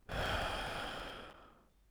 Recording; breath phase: one breath near a microphone; exhalation